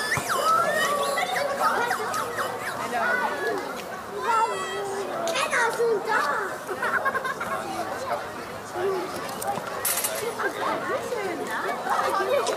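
Children's voices fill a playground, a dense, steady babble of chatter and shouts with bright, rising calls breaking through every few seconds.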